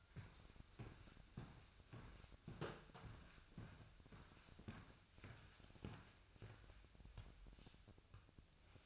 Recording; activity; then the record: daily activity, microphone in the room; walk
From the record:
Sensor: 2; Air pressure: 1001.5 hPa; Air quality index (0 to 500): 228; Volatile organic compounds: 26 ppm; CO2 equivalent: 2862 ppm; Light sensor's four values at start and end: 9/29/11/11 and 9/29/11/11